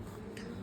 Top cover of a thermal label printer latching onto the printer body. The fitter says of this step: tuşa basarak kapağı kapatıyorum kapatınca tık sesini duymam gerekiyor tık